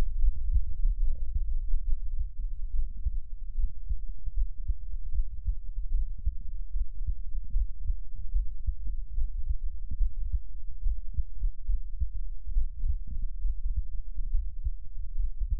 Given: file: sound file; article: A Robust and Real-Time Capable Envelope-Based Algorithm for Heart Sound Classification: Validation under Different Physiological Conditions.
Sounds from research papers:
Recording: heart sounds by electronic stethoscope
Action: rest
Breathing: normal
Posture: lying on right side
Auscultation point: Erb’s point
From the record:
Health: healthy, no known heart disease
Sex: male

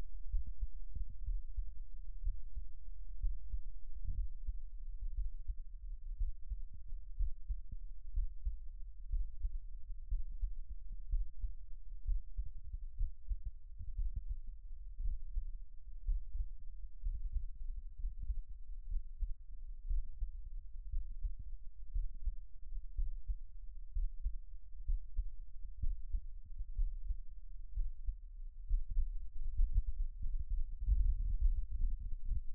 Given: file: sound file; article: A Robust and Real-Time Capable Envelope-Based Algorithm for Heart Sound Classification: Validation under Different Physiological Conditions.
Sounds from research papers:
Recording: heart sounds by electronic stethoscope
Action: rest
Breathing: normal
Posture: sitting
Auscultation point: sternum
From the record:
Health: healthy, no known heart disease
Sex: male

